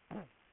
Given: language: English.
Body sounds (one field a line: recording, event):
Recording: throat vibration sensor signal played as sound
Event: throat clearing